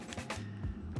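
After the battery is replaced, the two plastic halves of a car key fob case are pressed back together around the coin cell battery and click shut at about 0.1 s. Further short knocks follow at about 0.3 s and 1.0 s over a steady low background hum. The case is seated and snapped shut.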